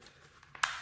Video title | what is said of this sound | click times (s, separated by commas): Review Gyfent Drywall Sander, 880W 7.3-Amp Popcorn Ceiling Removal Tool with 1100-2100RPM 5 Variable | So you hear a nice click on that side, and pop it on this side, see. | 0.6 s